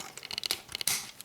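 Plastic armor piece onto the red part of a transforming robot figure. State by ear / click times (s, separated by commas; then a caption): seated / 0.9 s. A DX9 D04 plastic upgrade armor piece is pushed firmly onto the red part of an Evasion Optimus Prime transforming robot figure, which takes some strength. A string of short plastic clicks and crinkly rubbing builds up until it snaps into place at 0.9 s. The piece is seated and clipped on.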